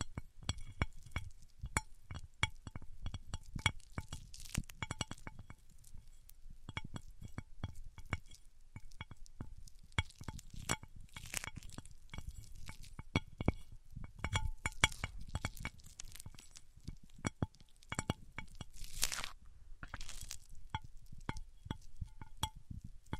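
Microphones are rubbed across different surfaces, producing dense, continuous scraping with a low, thumping rumble underneath. Sharp clicks and small clinking ticks pepper the whole stretch, and brighter hissing swipes rise briefly around 5, 11 and 19 seconds.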